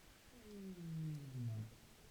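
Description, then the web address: Rorqual call: one long descending moan with a fainter harmonic above, gliding down and ending in a louder low tone, against a quiet hissing background. Recorded in Norway. "pub college France rorqual Norvege Valab Fr-20221223 034405"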